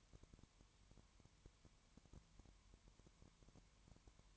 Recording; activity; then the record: daily activity, microphone in the room; no activity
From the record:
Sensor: 3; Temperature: 20.1 degrees Celsius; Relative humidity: 31.4%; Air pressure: 1001.3 hPa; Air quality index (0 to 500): 73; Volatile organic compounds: 1 ppm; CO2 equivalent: 686 ppm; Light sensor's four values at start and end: 2/3/2/2 and 2/3/2/2